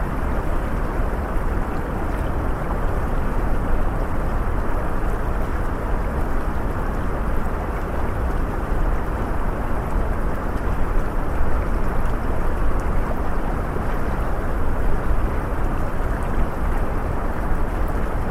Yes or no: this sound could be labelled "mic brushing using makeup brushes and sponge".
no